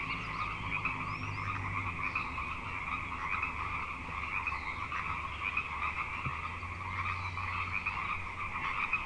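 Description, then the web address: A chorus of frogs giving continuous overlapping trills, with a faint low drone coming and going in the background. Frog chorus on Grafton Lake, recorded 3 May 2009. "The Frog Chorus Tunes Up On Grafton Lake frogs 090503"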